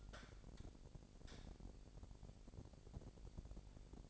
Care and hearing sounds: daily activity, microphone in the room; light on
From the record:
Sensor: 5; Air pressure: 1012.0 hPa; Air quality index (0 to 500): 246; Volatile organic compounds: 4 ppm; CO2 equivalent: 1698 ppm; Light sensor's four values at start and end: 41/96/40/42 and 43/101/42/45

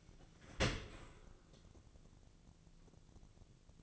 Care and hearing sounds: daily activity, microphone in the room; open dishwasher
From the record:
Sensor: 4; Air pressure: 1001.3 hPa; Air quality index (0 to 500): 180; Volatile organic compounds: 2 ppm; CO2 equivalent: 1288 ppm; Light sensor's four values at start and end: 11/26/11/11 and 11/25/10/10

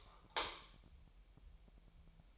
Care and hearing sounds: daily activity, microphone in the room; light off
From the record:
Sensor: 1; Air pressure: 1001.9 hPa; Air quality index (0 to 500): 248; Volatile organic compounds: 54 ppm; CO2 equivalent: 3344 ppm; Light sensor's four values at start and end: 5/11/4/5 and 5/11/4/5

